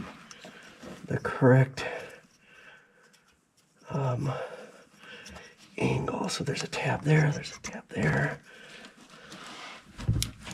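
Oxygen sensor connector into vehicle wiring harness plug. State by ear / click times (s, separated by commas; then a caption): seated / 10.2 s. An O2 sensor's electrical connector is pushed into its mating plug on a GMC/Chevy truck wiring harness while someone talks. A sharp click is heard at 10.2 s as the connector seats.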